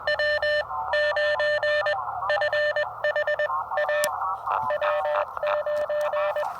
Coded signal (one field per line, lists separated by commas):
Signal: Morse code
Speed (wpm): 20 wpm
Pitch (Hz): 600 Hz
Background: none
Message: W9FHA W9